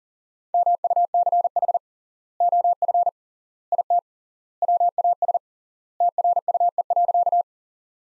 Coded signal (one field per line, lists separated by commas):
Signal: Morse code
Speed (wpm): 40 wpm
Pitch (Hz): 700 Hz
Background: none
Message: MUCH OF IT WAS TRUE.